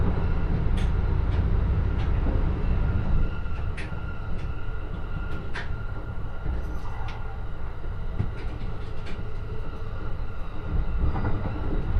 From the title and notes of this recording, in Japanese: 耳で楽しむ鉄道旅 常磐線普通 石岡→土浦→取手。